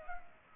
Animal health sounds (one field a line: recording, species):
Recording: mosquito wingbeat signal from an infrared sensor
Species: Culex pipiens